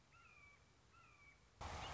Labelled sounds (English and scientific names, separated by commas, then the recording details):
Red-shouldered Hawk (Buteo lineatus)
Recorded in Sonoma County, California